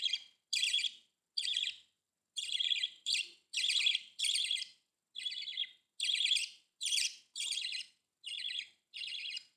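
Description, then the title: Budgerigar calls, a series of short harsh chattering bursts about half a second long with brief gaps, repeated steadily throughout. "Budgie Sounds"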